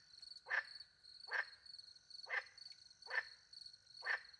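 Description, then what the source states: Frog croaks, five short raspy notes evenly spaced, with shrill crickets trilling without pause. Frogs with crickets at night in the countryside by a small pond, France; microphones hidden in a tree; two Usi pro microphones into a Mixpre 10 II recorder.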